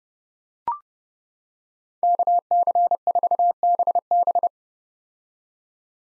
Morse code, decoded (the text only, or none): KC4BB